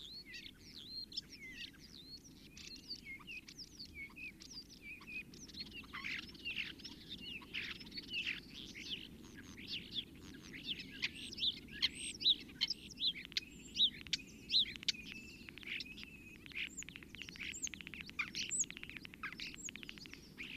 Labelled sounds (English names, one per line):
European Starling song